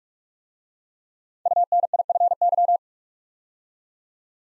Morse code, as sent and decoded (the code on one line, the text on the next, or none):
..- -. .. ..-. -.--
UNIFY